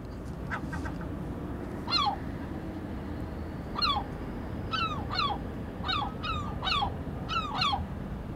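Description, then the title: Herring gull calls, harmonic yelping notes falling in pitch, a few scattered notes then a quicker series of repeated yelps toward the end, over low steady background rumble. "Harmaalokki"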